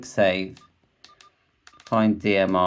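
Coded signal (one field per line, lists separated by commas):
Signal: none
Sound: scanner key beeps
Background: speech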